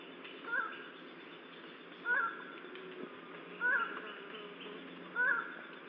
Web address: Highland tinamou. صدای-پرنده-وشم-کوهسار